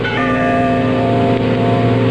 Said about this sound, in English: Bell. I think it comes from way down there in the gorge. Let's get down there. Maybe there are people or someone who can help us.